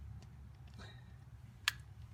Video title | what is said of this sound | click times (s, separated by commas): DIY: 240v Outlet Install | Then just push this guy in until it clicks. | 1.7 s